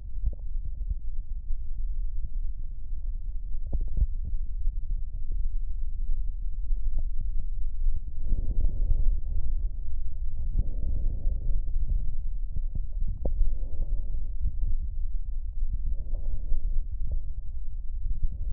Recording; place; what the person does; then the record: lung sounds by stethoscope; left posterior basal chest; quiet breathing, then deep breathing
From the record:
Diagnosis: COPD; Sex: male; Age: 59 years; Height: 175 cm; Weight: 73 kg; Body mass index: 23.8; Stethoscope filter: extended mode